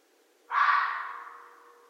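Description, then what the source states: Red fox giving a single harsh, hoarse scream that starts abruptly and fades out over about a second, with a faint steady low hum underneath. Recorded on 13 January 2012.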